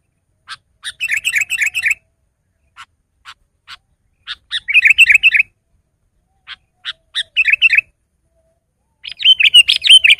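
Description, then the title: Sooty-headed bulbul song: scattered sharp ticks alternating with quick bubbly chattering bursts, ending in a louder run of warbled notes. "kutilang"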